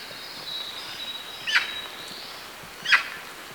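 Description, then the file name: Eurasian magpie giving two harsh, rasping calls about a second and a half apart, over a faint steady high-pitched hum. "Pica pica"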